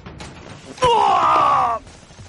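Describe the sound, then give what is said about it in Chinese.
A single loud, agonized wail from a middle-aged man at night, lasting about a second, strained and harmonic, its pitch sagging slowly before cutting off, set against a low murmur of background noise. “不过让大家意外的是，这时中年人离开的方向忽然传来哀嚎声，枪声不绝于耳。”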